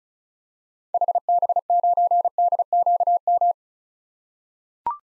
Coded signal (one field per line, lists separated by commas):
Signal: Morse code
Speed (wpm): 36 wpm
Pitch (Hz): 700 Hz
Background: none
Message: HB9DQM